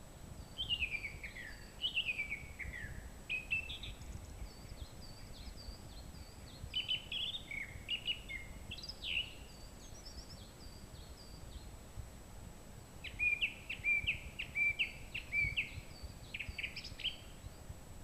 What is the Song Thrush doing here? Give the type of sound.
song